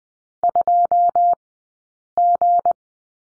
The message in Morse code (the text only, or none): 2G